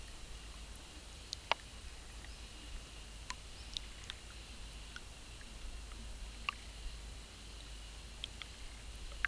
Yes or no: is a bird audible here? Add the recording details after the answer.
no. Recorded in pastures near Puerto Asís, Putumayo, Colombia, on 22 December 2024 at 10:30. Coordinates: 0.486, -76.323. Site GP01